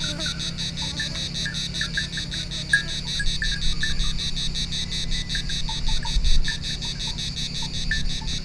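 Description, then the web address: Cicada buzzing: a loud throbbing rasp repeated in rapid beats throughout, with faint chirps and a low rumble in the background. Two cicadas recorded on Thassos, Greece, in 2016. "hanggyujtemeny gorogtaj thassos 2016 ketkaboca kecskekrovarok kecskesut"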